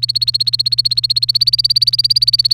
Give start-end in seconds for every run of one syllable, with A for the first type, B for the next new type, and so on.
0.00-2.53 A